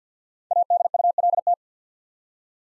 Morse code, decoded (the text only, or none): ADULT